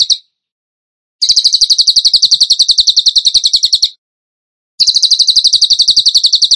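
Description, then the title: Bird song: fast, steady trill of piercing high notes in bouts separated by short silences. Masteran training recording; song in the tembakan gacor style. "Masteran Burung Tembakan Gacor"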